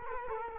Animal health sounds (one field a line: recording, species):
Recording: mosquito wingbeat signal from an infrared sensor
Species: Culex quinquefasciatus